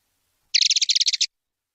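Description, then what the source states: Streaked spiderhunter giving a single rapid buzzy trill of sharp high notes lasting under a second, otherwise silent. Long, clear recording of an actively singing bird, made as a tutor recording for training birds.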